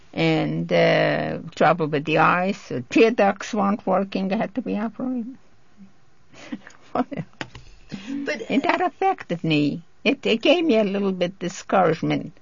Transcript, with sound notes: and, uh, trouble with the eyes. Tear ducts weren't working, they had to be operated. ( she laughs )
But...
That affected me. It gave me a little bit discouragement,